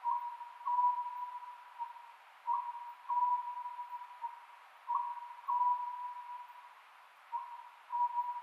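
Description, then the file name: Oriental scops owl with steady repeated phrases, a short note followed by a drawn-out hoot, four times in succession. Recorded 27 May 2010 at 22:21. "konohazuku-20100527-2221"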